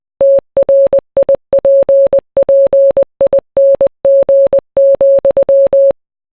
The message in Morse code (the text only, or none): TRIPPING,